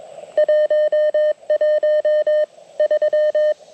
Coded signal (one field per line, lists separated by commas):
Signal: Morse code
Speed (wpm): 21 wpm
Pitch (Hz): 590 Hz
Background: none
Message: 113